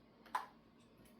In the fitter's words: there you go. You heard the click.